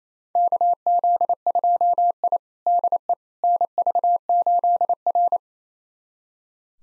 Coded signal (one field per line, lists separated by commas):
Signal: Morse code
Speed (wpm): 28 wpm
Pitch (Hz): 700 Hz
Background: none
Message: KZ2I DE NV8R